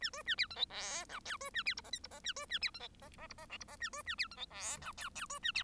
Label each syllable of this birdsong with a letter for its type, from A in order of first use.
A B A C D E F G H B A C I J K I J A B A C D E J J I J L I J A B A C D E F G H H B A C